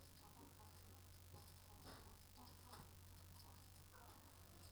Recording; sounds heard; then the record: poultry house recording; healthy chickens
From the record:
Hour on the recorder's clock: 18